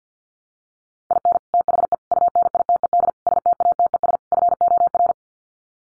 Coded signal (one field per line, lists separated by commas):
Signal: Morse code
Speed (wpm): 50 wpm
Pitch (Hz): 700 Hz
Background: none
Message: IN THE UNITED STATES FOR